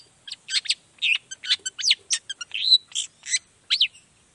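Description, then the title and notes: Long-tailed shrike song, a rapid jumble of chirps, ticks and rising whistled slurs, densely packed and constantly changing. Long-tailed shrike in full song (gacor) in the morning, singing the 'toet toet' variation; said to prompt other shrikes to answer. "Cendet Gacor Dor Di Kala Pagi Toet Toet Variasi Suara. Cendet Gacor Pagi Hari Biangnya Bikin Cendet Manapun Langsung On Nyaut Buka Materi. Burung cendet"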